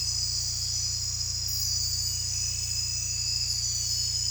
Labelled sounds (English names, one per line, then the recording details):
none
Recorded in dense forest near Puerto Asís, Putumayo, Colombia, on 16 December 2024 at 23:00
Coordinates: 0.467, -76.328
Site GP05